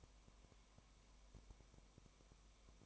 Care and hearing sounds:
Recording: daily activity, microphone in the room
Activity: no activity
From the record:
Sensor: 1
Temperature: 19.1 degrees Celsius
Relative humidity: 34.0%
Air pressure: 1001.3 hPa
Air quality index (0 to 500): 82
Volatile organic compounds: 1 ppm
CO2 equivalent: 819 ppm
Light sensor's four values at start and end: 1/2/1/1 and 1/2/1/1

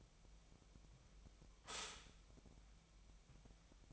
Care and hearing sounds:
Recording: daily activity, microphone in the room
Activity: stop toaster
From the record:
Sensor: 1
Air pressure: 1001.9 hPa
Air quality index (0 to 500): 239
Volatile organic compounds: 43 ppm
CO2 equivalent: 3196 ppm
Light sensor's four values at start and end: 11/36/13/15 and 11/36/13/15

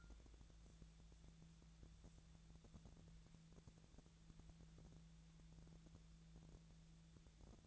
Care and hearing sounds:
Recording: daily activity, microphone in the room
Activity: wipe stove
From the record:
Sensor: 3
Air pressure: 1000.5 hPa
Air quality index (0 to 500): 174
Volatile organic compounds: 3 ppm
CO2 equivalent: 1514 ppm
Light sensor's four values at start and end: 13/31/13/14 and 13/31/13/13

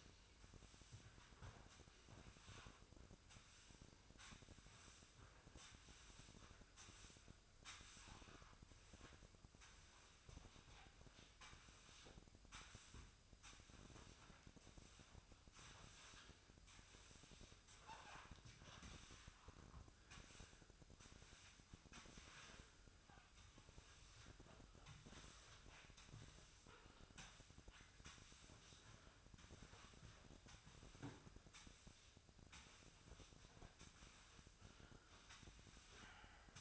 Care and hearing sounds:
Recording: daily activity, microphone in the room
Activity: sweep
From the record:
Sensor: 2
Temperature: 24.5 degrees Celsius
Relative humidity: 39.5%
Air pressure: 1003.0 hPa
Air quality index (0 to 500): 199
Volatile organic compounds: 6 ppm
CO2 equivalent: 1891 ppm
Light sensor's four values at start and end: 12/29/12/13 and 13/31/13/15

